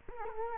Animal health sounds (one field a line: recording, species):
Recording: mosquito wingbeat signal from an infrared sensor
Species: Culex quinquefasciatus